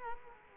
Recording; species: mosquito wingbeat signal from an infrared sensor; Culex quinquefasciatus